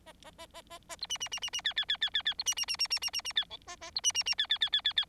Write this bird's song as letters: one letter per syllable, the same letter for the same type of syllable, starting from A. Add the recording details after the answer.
A A A A A A B C C C C C D D D D D D B C C C C C C C C D E A A B C C C D D D D D D. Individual Bird4